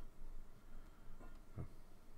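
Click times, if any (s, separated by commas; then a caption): none. A metal airflow ring is twisted onto a rebuildable tank atomizer, expecting it to click and lock. Faint ticks are heard near 1.6 s and 2.2 s against low background noise. Nothing has clicked, and the ring fails to lock.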